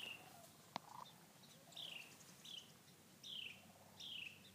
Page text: Wren, Carolina : Sound recording of several dozen “cheer” calls.